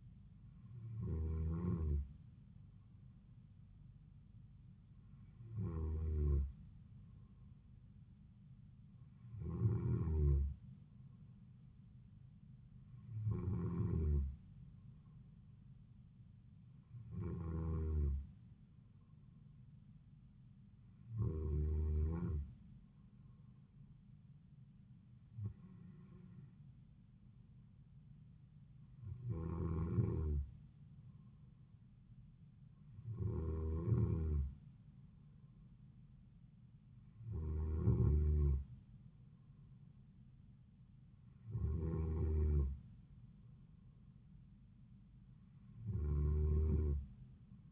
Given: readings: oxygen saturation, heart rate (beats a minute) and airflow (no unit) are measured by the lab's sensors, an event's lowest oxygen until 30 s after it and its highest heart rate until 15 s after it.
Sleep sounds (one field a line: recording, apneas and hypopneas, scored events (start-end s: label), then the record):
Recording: breathing in sleep by a smartphone at the bedside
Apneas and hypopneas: none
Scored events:
none scored
From the record:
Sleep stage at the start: N2 (light sleep)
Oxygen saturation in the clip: 93 to 94%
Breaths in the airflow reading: 12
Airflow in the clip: -4.1 to 3.4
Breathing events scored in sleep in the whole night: 270 in 6.1 hours asleep